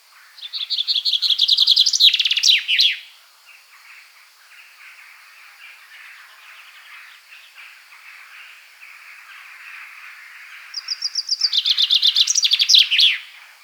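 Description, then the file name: Common chaffinch song: two loud, bright phrases, each a rapid trill of chipping notes ending in a flourish, about ten seconds apart, with fainter sounds between. "Fringilla coelebs"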